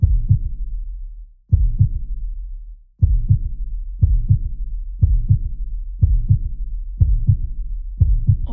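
Deep, paired lub-dub thumps repeat steadily at about 60 beats a minute after a slightly longer opening pause. It is a sound effect of a human heartbeat, with a low, muffled, booming quality.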